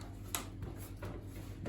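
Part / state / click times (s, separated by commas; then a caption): washing machine front panel tabs into panel holes / seated / 0.4 s. After a door seal replacement, the front panel of a Logik washing machine is pushed up so its top tabs locate in the panel holes, and a sharp click at 0.4 s shows them clicking into place. Softer knocks follow around 0.6 s and 1.0 s over a steady low hum, and the panel ends up seated.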